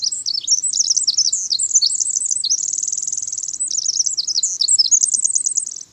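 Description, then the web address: Winter wren song, a long, rapid, high-pitched cascade of tinkling trills and twittering notes that runs unbroken throughout, with a steady buzzy trill midway. Song described as bubbling, cascading and penetrating, one of the longest and most complex of any bird; sung from deep within huckleberry bushes beneath tall evergreens. "Birdnote 2005 April -Winter-Wren"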